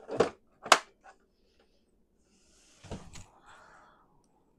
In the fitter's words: here click into place